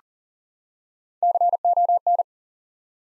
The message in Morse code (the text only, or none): CON